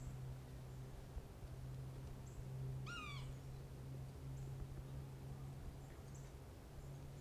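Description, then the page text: Yellow-bellied sapsucker giving a single nasal, downslurred mewing call near the three-second mark, over a steady low hum and faint background ticks. Recorded in Maryland. "Maryland Biodiversity. Yellow-bellied Sapsucker ( Sphyrapicus varius )"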